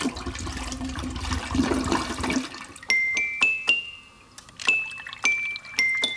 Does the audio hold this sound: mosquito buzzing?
no